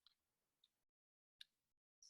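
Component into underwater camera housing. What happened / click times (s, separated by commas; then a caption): A part clicked into the housing / 1.4 s. A component is pushed into an underwater camera housing and seats with a sharp, bright click at 1.4 seconds, confirmed as clicked in. Fainter ticks come at about 0.1 and 0.6 seconds, and another sharp high click closes the clip at about 2.0 seconds, with near silence between them.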